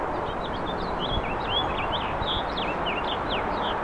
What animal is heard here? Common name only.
House Finch